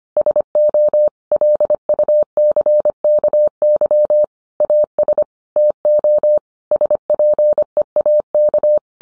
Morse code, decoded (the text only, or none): SO LUCKY AS TO SPEAK